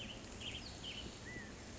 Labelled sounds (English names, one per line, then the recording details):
California Quail
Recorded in Sonoma County, California